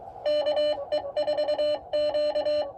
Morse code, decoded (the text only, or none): KE4Q